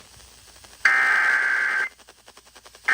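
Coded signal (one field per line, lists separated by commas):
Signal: Emergency Alert System (SAME) tones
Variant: header bursts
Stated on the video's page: Real Severe Thunderstorm Warning alert aired on a broadcast station.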